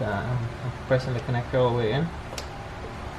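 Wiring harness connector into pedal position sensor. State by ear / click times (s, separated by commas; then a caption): seated / 2.4 s. Someone talks as a wiring harness connector is pressed fully onto the accelerator pedal position sensor of a 2015-2020 Kia Optima, over a low steady hum. A single short, sharp click is heard at 2.4 seconds as the connector seats.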